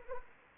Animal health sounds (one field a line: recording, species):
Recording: mosquito wingbeat signal from an infrared sensor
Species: Anopheles arabiensis